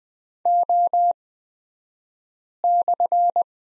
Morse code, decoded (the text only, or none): O/